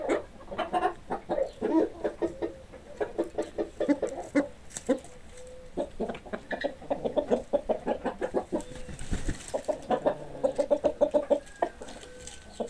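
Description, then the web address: Chickens cluck steadily, a dense run of short repeated notes from several birds, with an occasional drawn-out call and faint background noise. "hobokenchicken kira. chickens"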